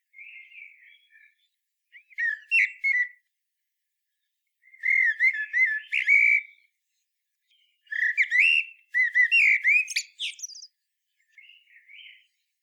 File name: Turdus merula